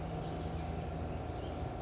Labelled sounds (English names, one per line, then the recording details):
California Towhee
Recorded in Sonoma County, California